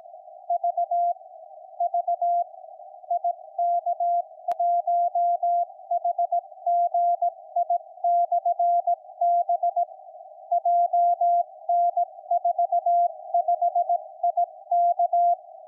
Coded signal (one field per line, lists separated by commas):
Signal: Morse code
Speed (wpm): 18 wpm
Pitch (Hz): 700 Hz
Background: none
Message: V V IK1HGI/B JN45IK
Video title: IK1HGI beacon hrd on 40m 7039.2